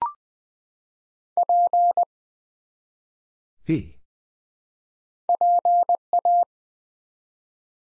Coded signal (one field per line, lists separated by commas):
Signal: Morse code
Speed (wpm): 20 wpm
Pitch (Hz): 700 Hz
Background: none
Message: P PA